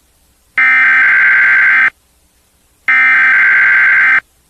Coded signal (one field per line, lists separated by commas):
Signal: Emergency Alert System (SAME) tones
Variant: header bursts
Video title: Eas scenario, World War III part 1